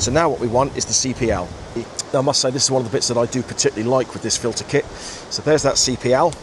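Someone talks while handling a NiSi JetMag Pro magnetic circular polarizer (CPL) filter, about to place it one-handed onto the magnetic adapter ring already fitted on the lens. Steady broadband noise runs under the voice throughout. Nothing has seated or snapped into place yet.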